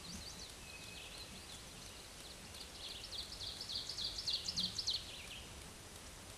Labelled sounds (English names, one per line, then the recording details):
Ovenbird song
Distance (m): 55 m
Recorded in a Pennsylvania forest on 17 May 2023 at 13:40
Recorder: AudioMoth, point grid1_35_low
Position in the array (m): 170 m, 88 m